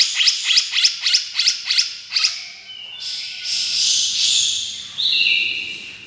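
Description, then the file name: Grey-cheeked bulbul giving a series of quick, scratchy, repeated notes, then a noisy, rushing chatter and a brief high whistle. Female bird. "suara cucak jenggot betina"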